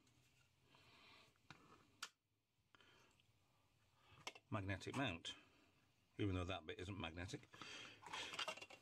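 A die-cast collectible starship model is handled near its magnetic display-stand mount, with a metal part on the model and a metal part on the mount. Someone talks while small, sharp metallic taps and handling sounds occur, around 1.5, 2.0, 2.8 and 4.3 seconds. Nothing has seated or clicked into place yet.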